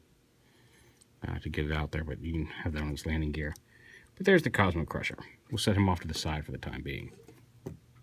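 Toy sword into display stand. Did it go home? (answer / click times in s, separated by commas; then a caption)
no / none. Someone talks while the sword of a diecast toy robot is set into its plastic display stand, with a faint tap near the end. The sword does not lock in and just sits there loose, so nothing has seated or clicked yet.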